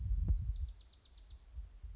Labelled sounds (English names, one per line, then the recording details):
Bewick's Wren
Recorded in Sonoma County, California